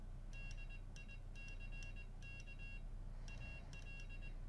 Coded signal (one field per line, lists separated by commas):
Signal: Morse code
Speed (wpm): 19 wpm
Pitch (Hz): 2750 Hz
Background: none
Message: DICK AL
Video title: CW Practice | winKeyer!